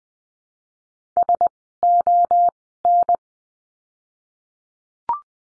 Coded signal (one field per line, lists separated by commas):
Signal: Morse code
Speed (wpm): 20 wpm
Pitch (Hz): 700 Hz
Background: none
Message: S O N